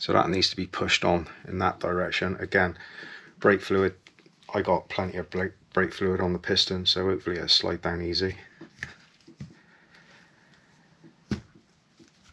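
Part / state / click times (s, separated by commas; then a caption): rubber dust boot on a brake caliper piston / not seated / none. Someone talks while preparing to push a rubber dust boot onto the rear brake caliper piston of an ST220, with plenty of brake fluid on the piston so it slides down easily. After the talking, quieter handling noises follow, with a sharp knock at 8.8 s, softer knocks at 9.2 and 9.4 s, and another brief knock near 11.3 s. The boot has not yet clicked or seated into position.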